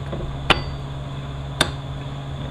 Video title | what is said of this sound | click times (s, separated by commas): 4F27E Rebuild | pop into place | 0.5 s, 1.6 s